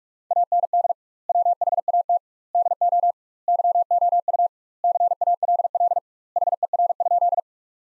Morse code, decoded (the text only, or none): AND WHAT DO YOU CALL HER?